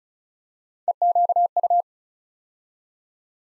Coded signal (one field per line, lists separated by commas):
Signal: Morse code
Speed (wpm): 36 wpm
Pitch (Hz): 700 Hz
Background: none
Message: EQU